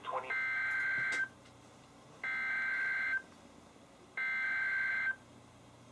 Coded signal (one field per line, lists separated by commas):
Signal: Emergency Alert System (SAME) tones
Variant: header bursts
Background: speech